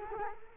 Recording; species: mosquito wingbeat signal from an infrared sensor; Culex quinquefasciatus